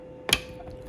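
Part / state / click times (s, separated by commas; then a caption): Wi-Fi module wiring connector into TV main board socket / seated / 0.3 s. The Wi-Fi module's wiring connector is pushed, tab facing up, into the right-hand socket on a TV main board until it clicks. A single sharp click is heard at 0.3 s over a faint steady hum, and the connector is seated.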